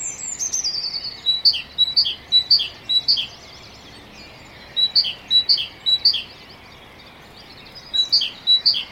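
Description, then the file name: Great tit song: clear two-note phrases repeated in three bursts with pauses, after a thin, high, falling trill, over steady hiss. "Parus major"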